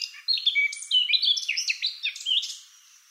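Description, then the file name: Eurasian blackcap song: bright, quick warbled whistles, fading at the end. "Sylvia atricapilla"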